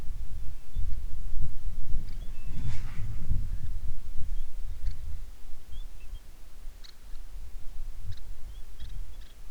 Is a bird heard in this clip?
yes